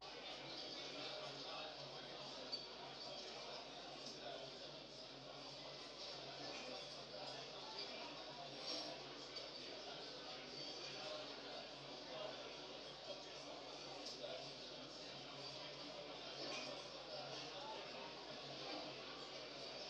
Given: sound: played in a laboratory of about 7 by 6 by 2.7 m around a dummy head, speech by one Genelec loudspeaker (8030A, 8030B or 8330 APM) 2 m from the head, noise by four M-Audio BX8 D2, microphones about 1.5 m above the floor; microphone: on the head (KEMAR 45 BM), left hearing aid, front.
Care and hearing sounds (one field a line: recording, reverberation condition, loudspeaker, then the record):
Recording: cafeteria noise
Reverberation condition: medium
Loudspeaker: four, about 170 cm from the corners of the room and facing them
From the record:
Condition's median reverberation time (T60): about 510 ms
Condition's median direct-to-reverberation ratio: about -0.5 dB